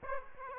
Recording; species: mosquito wingbeat signal from an infrared sensor; Aedes aegypti